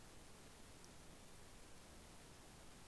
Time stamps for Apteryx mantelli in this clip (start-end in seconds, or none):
none